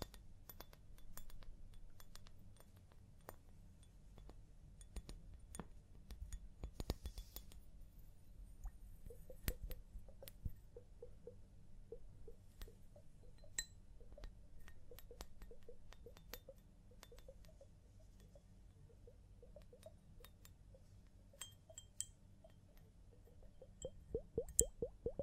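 A scalp massage and hair wash, with dense crackly rubbing and frequent sharp clicks and ticks that grow busier and louder toward the end.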